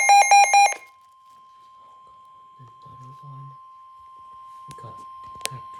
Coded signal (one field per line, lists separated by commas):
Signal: Emergency Alert System (SAME) tones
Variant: 1050 Hz attention tone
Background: speech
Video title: NOAA Weather Radio Series | Compilation | EAS #2 ~ #12